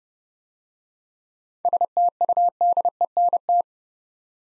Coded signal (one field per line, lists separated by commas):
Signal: Morse code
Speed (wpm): 31 wpm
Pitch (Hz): 700 Hz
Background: none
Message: STUDENT